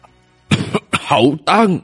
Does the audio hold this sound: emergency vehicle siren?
no